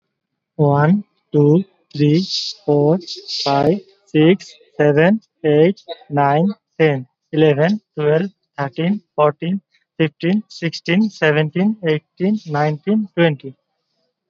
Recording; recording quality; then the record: counting at a normal pace; excellent, no background noise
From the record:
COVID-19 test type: RT-PCR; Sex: male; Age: 19 years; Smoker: no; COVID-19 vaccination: both doses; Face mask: worn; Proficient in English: yes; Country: India